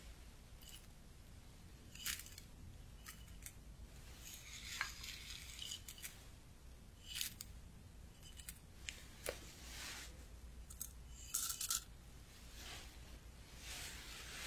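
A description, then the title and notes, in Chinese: Traditional Chinese medicine being prepared and pounded, heard as a run of sharp, bright clicks and scrapes over a steady low rumble. Taps and clinks come irregularly every second or so, with a clustered flurry around eleven to twelve seconds. 中医配药、捣药触发音。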